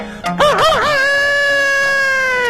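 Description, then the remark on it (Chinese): A rooster crows once, loud and shrill, opening with a few warbling bursts before stretching into a long, steady held note that slowly trails off. It is one of two chickens kept by a household, and they crow every day. “哎，有的个别家哎，还养活了2只鸡，这2只鸡也不搅闷，天天打鸣。”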